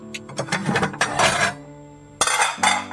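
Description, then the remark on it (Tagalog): Plates and cooking pans are set down to the side by a kitchen sink with a run of ringing clatters and clinks, a short lull, then two sharper, louder clanks of dishware near the end. “Teka nga, ibaba ko muna itong mga pinggan dito sa gilid.”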